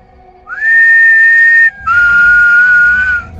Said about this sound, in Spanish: El silbido se acercó un poco más y volví a aplaudir. Si escuchas que estás silbando, aplaude. Aplaude. Aplaude hasta que el silbido lo escuches en tu espalda.